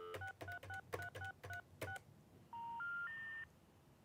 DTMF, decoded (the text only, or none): 6363636